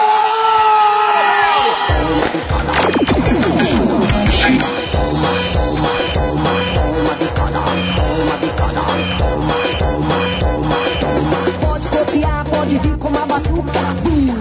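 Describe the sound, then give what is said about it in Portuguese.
A large crowd of Leão football fans cheers and yells loudly, with whoops rising over a steady pounding rhythm. The roar starts after a quieter opening of about two seconds and stays dense throughout. “Mas quem é do Leão vai fazer mais alto aí.”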